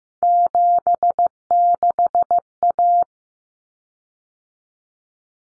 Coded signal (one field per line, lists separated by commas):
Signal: Morse code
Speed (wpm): 15 wpm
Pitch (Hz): 700 Hz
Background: none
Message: 76A